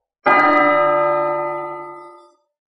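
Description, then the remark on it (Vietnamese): A large golden bell hanging in a tower is struck once, its rich, layered tones ringing out loudly and then slowly fading over about two seconds, with no voices present. “Trong một tòa thiên khuyết treo một cái chuông lớn màu vàng, tiếng chuông rung động khắp thập phương, vang vọng chấn động cổ thành phía dưới.”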